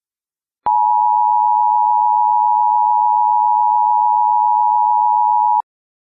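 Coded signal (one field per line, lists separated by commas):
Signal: Emergency Alert System (SAME) tones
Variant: 853 and 960 Hz attention tone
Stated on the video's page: Fictional EAS scenario, not a real alert.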